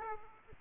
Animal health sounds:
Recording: mosquito wingbeat signal from an infrared sensor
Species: Aedes aegypti

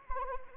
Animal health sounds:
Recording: mosquito wingbeat signal from an infrared sensor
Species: Anopheles arabiensis

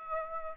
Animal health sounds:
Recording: mosquito wingbeat signal from an infrared sensor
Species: Aedes aegypti

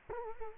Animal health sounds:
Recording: mosquito wingbeat signal from an infrared sensor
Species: Culex quinquefasciatus

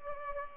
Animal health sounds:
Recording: mosquito wingbeat signal from an infrared sensor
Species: Culex pipiens

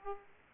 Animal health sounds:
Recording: mosquito wingbeat signal from an infrared sensor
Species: Aedes aegypti

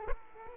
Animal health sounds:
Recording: mosquito wingbeat signal from an infrared sensor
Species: Aedes aegypti

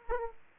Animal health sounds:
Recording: mosquito wingbeat signal from an infrared sensor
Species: Aedes aegypti

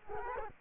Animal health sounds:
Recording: mosquito wingbeat signal from an infrared sensor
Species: Culex quinquefasciatus

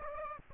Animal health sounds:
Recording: mosquito wingbeat signal from an infrared sensor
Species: Aedes aegypti

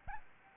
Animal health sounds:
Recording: mosquito wingbeat signal from an infrared sensor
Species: Aedes albopictus

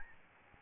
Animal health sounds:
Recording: mosquito wingbeat signal from an infrared sensor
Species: Aedes albopictus

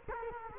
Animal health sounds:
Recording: mosquito wingbeat signal from an infrared sensor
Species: Culex quinquefasciatus

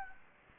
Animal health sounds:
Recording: mosquito wingbeat signal from an infrared sensor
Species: Anopheles gambiae

